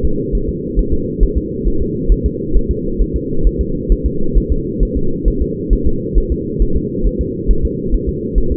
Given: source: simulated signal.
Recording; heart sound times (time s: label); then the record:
fetal heart sounds
0.05 s: S2
0.35 s: S1
0.49 s: S2
0.79 s: S1
0.94 s: S2
1.23 s: S1
1.38 s: S2
1.68 s: S1
1.82 s: S2
2.12 s: S1
2.26 s: S2
2.57 s: S1
2.71 s: S2
3.02 s: S1
3.16 s: S2
3.47 s: S1
3.61 s: S2
3.92 s: S1
4.06 s: S2
4.38 s: S1
4.52 s: S2
4.83 s: S1
4.97 s: S2
5.28 s: S1
5.42 s: S2
5.73 s: S1
5.87 s: S2
6.18 s: S1
6.32 s: S2
6.62 s: S1
6.77 s: S2
7.07 s: S1
7.21 s: S2
7.51 s: S1
7.65 s: S2
7.95 s: S1
8.09 s: S2
8.38 s: S1
8.52 s: S2
From the record:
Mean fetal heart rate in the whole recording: 135 bpm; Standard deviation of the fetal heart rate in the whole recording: 3 bpm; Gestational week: 36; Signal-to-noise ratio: -8.1 dB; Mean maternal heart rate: 72 bpm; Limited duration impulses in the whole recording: absent